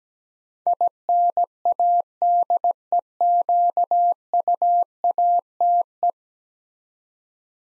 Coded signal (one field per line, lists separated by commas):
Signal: Morse code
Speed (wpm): 17 wpm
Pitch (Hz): 700 Hz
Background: none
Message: INADEQUATE